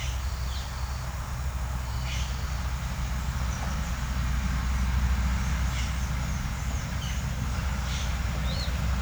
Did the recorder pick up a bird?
yes